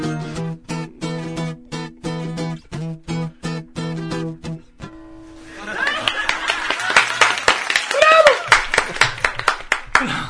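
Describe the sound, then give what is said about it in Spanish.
A group of people in a studio clap in a steady rhythm, then the clapping grows denser and louder while one person yells over it in a shrill, high-pitched, old-lady-like voice. “Siempre notamos que cuando aplaudimos, vos gritás con voz de señora.”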